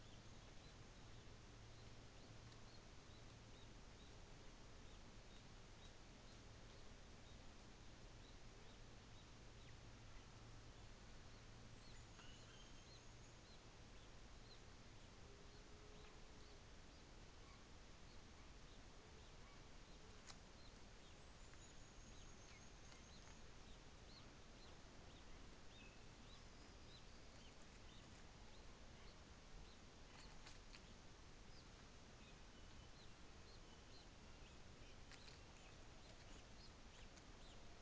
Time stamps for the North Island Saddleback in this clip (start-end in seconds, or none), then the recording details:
11.57-13.56. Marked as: faintness 5/5. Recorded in New Zealand on 24 December 2018. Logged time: 13:35